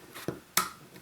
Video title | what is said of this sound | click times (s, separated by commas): Tokyo Marui FN5-7 GBB Pistol - Bringing It Home Ep. 48 | you'll hear it click | 0.6 s